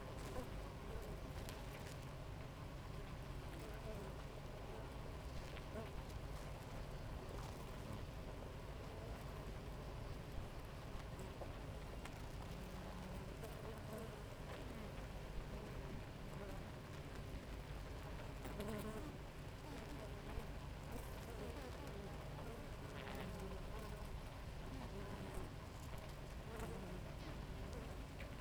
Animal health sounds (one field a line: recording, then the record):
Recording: honeybee colony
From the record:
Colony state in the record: active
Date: 28 July 2017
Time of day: 6:20